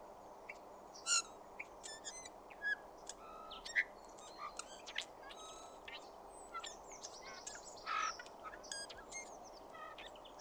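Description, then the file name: Eurasian bullfinch calls: soft, low, piping whistled notes at irregular intervals, among many sharp high chirps and ticks. "Pyrrhula pyrrhula"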